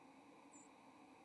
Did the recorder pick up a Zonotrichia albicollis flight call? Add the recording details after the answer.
yes. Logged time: 06:45 on 30 October 2014